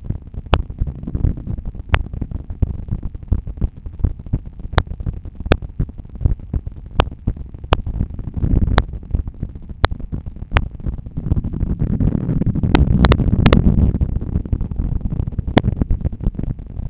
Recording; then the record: heart sounds by stethoscope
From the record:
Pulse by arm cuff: 82 bpm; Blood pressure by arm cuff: 135/82 mmHg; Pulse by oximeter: 82 bpm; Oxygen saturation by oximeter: 97%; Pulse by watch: 82 bpm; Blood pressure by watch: 113/75 mmHg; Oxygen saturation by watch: 98%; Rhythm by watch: sinus rhythm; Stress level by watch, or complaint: low stress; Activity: after coffee and smoking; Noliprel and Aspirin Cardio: after pills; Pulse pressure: 53 mmHg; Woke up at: 6:50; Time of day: 8:20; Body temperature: 36.5 C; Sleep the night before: 8 h 16 min, score 66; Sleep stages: REM 20%, light 64%, deep 6%, awake 10%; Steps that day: 6850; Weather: light rain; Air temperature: 18 C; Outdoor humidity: 91%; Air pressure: 1007 hPa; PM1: 1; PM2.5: 3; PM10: 5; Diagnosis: hypertension, treated with Noliprel and Aspirin Cardio 100 mg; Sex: male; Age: 53 years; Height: 174 cm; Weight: 81 kg